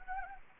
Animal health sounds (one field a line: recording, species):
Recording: mosquito wingbeat signal from an infrared sensor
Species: Anopheles gambiae